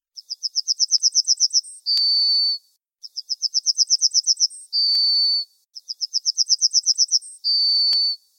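Bird song: a quick series of about a dozen high, clipped notes, then one long drawn-out high note, repeated three times roughly every 3 seconds in silence.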